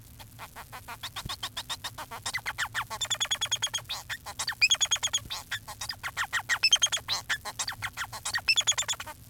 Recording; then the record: song of a male Bengalese finch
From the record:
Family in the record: son of father 4